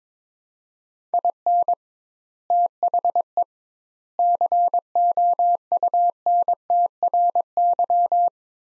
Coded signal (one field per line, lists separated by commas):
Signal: Morse code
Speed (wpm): 21 wpm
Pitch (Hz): 700 Hz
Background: none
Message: IN THE COUNTRY